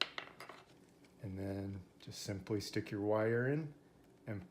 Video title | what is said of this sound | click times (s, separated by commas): Install Power Kit For Ring Video Doorbell Pro | and push it all the way up and until it clicks and then | 0.0 s